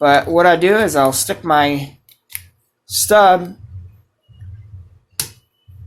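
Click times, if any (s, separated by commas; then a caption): 5.2 s. Someone talks while pushing an RC car's metal stub axle through the plastic-sealed bearings in its hub carrier. A sharp click at 5.2 s marks the axle seating all the way through the bearings.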